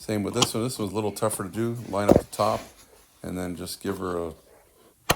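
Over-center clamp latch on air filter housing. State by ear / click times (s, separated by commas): seated / 5.1 s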